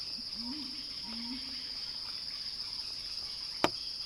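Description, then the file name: Cicada song, a high steady buzz over a low wavering two-part call at the start, ending with a sharp click. Cicada song building in a crescendo. "earth-fm Cicada-Crescendo-Sounding-Wild"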